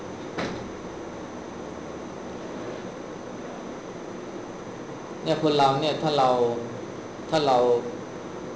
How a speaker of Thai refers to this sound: ปิดพัดลมมันอากาศเย็นพอแล้ว